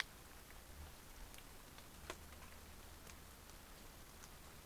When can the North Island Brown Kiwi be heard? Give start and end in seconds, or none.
none